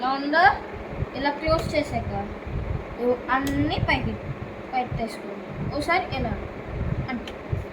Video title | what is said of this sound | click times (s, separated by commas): My pencil lock box❤️ఎప్పటి నుండో waiting mom's gift💕💝#పెన్సీల్ lock box | చూడండి lock అయిపోయింది అంతే | 7.3 s